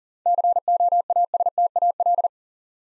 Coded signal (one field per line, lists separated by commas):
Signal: Morse code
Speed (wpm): 39 wpm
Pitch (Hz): 700 Hz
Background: none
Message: COASTAL